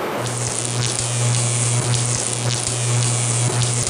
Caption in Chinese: 你们会从功放当中听到好几种 耳鸣的声音。 这个声很像那个有电话进来，对对，受到干扰的。